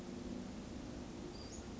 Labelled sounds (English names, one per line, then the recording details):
Western Flycatcher
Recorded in Sonoma County, California